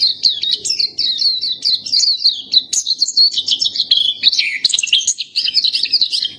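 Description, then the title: Nightingale song: a fast, unbroken stream of high chirped notes that rise and fall in quick, wavering runs, with sharper whistled notes mixed in throughout. Tutor song used for training pet songbirds to sing. "nightingale masteran"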